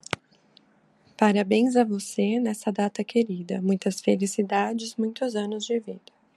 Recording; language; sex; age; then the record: short text; Brazilian Portuguese; female; 20 to 29 years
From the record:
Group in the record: control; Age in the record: 28 years